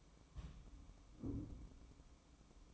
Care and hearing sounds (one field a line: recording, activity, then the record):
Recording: daily activity, microphone in the room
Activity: place on stove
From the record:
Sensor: 1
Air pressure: 1008.2 hPa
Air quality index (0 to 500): 136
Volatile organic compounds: 2 ppm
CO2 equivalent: 1144 ppm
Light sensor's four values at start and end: 8/19/7/8 and 8/19/7/8